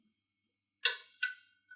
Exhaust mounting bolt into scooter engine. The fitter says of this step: un second temps naveed du bar on voit qu on y est c'est bien avec un petit clic